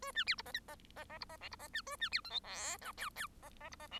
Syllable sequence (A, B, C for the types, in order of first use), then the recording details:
A B C D E F E E E D E G D E B A B C H I J K L L E E D E G. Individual Bird1